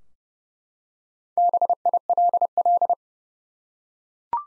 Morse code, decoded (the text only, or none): BILL